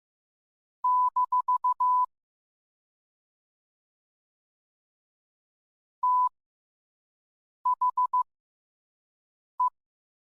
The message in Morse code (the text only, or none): - THE